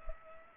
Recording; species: mosquito wingbeat signal from an infrared sensor; Culex pipiens